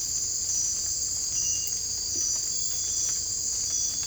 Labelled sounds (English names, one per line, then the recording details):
none
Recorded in secondary vegetation near Puerto Asís, Putumayo, Colombia, on 18 December 2024 at 02:00
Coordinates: 0.481, -76.318
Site G042